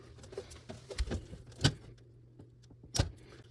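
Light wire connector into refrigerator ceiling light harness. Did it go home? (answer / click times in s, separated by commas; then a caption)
yes / 1.6 s. A light wire connector is pushed into the refrigerator's ceiling light harness before the ceiling panel is refitted on a Whirlpool Kenmore refrigerator during a secondary water and ice maker fill valve replacement. Small handling taps and rustles lead to a sharp click at 1.7 s as the connector seats, followed by another knock near 3.0 s. The light wire is connected.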